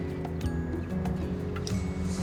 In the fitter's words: there that one clicked so that's